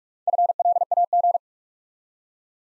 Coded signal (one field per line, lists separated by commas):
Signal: Morse code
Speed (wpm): 44 wpm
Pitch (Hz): 700 Hz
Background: none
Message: FLAG